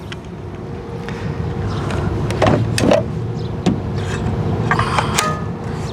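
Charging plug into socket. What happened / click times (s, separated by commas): The plug snapped into its socket / 4.7 s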